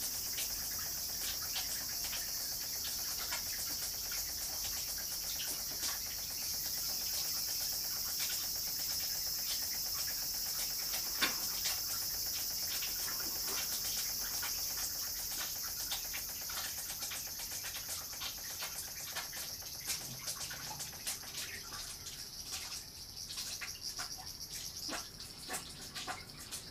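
A garden recording filled with a steady, high insect chirring that holds for the whole stretch. Short ticks and clicks are scattered throughout, growing busier toward the end, while the overall level dips slightly in the last few seconds.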